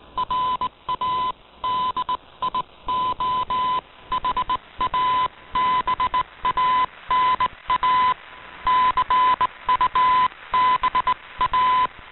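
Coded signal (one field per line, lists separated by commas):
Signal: Morse code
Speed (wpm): 18 wpm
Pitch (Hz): 1010 Hz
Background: radio noise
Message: RADIOHABANA CUBA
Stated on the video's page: Received on 15140 kHz shortwave from Radio Havana Cuba's DXers Unlimited program, tuned with an Icom IC-R8600 receiver.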